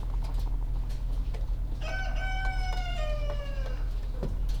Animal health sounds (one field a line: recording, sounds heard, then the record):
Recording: poultry house recording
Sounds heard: sick chickens (respiratory disease)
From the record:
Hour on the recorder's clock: 17